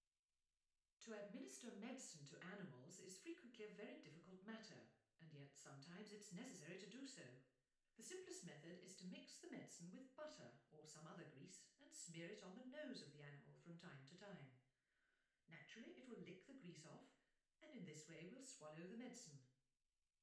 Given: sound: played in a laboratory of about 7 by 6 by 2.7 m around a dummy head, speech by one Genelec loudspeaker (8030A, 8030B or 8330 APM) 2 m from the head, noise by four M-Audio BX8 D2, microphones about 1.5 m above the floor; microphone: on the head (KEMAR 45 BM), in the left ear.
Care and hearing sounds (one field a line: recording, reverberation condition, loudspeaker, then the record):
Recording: female speech in English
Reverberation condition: medium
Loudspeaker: behind (180 degrees)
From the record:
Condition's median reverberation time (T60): about 510 ms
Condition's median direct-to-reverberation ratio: about -0.5 dB